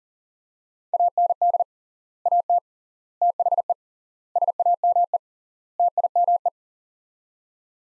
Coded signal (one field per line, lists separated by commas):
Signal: Morse code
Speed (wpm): 37 wpm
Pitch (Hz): 700 Hz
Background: none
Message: AND AT THE SAME TIME